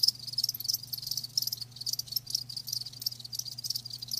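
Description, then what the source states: Crickets chirping in a dense high-pitched chorus of rapid pulsed trills, with a faint steady low hum beneath. Live crickets chirping with a lulling song.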